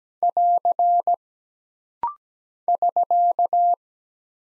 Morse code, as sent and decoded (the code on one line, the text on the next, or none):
.-.-. / ...-.-
<AR> <SK>